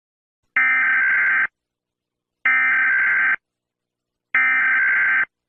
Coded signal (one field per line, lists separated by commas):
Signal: Emergency Alert System (SAME) tones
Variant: header bursts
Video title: 🌈🎨 | Demodogs: A Stranger Things EAS scenario #3